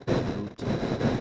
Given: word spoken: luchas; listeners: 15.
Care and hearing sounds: one Spanish word in noise, from a listening test; noise modulated by one talker; -10.5 dB; 1 of 15; 6 of 15; 0.80 s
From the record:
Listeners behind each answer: 6, 4, 1, 1, 1, 1, 1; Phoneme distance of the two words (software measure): 7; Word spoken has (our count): 2 syllables, 5 phonemes, stress on syllable 1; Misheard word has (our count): 2 syllables, 4 phonemes, stress on syllable 1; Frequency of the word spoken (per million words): 13.12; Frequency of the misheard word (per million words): 133.94

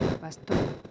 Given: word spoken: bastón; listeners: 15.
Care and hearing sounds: one Spanish word in noise, from a listening test; noise modulated by one talker; -7.2 dB; 2 of 15; 11 of 15; 0.51 s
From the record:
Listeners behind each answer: 11, 2, 1, 1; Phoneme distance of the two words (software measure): 20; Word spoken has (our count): 2 syllables, 6 phonemes, stress on syllable 2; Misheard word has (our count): 2 syllables, 6 phonemes, stress on syllable 2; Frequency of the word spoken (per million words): 8.65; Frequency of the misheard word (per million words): 16.81

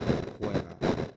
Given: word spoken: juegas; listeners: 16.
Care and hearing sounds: one Spanish word in noise, from a listening test; noise modulated by one talker; -8.8 dB; 0 of 16; 14 of 16; 0.77 s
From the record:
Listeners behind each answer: 14, 2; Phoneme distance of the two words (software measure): 7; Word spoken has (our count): 2 syllables, 6 phonemes, stress on syllable 1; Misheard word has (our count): 2 syllables, 5 phonemes, stress on syllable 1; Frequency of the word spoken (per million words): 0.92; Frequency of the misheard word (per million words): 27.78

